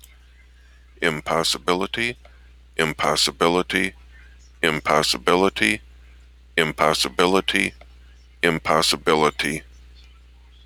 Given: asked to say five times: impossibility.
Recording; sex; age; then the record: repeated word; male; 50 to 59 years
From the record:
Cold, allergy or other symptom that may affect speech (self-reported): no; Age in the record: 58 years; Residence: Minnesota, United States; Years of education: 14